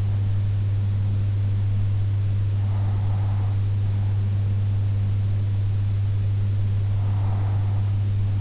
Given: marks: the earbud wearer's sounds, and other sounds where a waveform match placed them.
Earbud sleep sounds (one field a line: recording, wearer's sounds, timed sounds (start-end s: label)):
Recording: sounds in sleep by an in-ear microphone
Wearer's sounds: breath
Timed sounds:
2.41-4.41 s: breath
6.41-8.41 s: breath